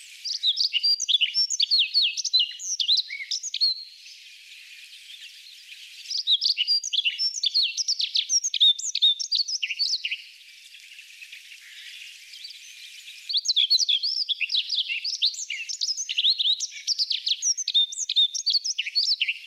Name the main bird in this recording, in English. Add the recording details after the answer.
Himalayan Rubythroat. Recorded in the wild. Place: Almaty Pik 3400 m, KZ. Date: 2000-05-26. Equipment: MiniDisc Sharp MT 20 H. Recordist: Schwarz, Dieter